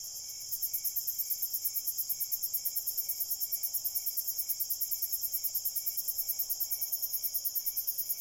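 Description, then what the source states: Cricket chorus with a fast, even high-pitched pulsing that runs without pause, joined by a lower, slower series of regular chirps. Crickets at night in a cornfield.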